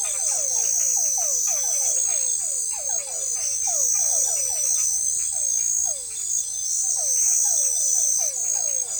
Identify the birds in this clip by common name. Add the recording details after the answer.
none. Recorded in forest near Pivijay, Magdalena, Colombia, on 18 April 2023 at 21:00. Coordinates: 10.467, -74.380. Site Z5-G034